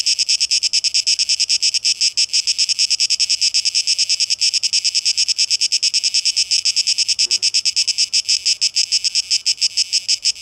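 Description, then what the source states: Cicada song: a continuous high buzz broken into fast rhythmic pulses, steady in level, with a short faint lower sound about seven seconds in. Recorded 12 August 2023; tape echo mix.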